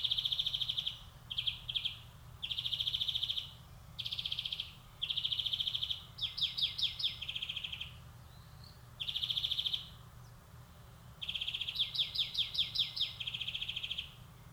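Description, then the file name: European greenfinch song: short buzzy trills repeated, then longer twittering rolls, phrases spaced by brief silences, with soft background hum throughout. "Chloris chloris"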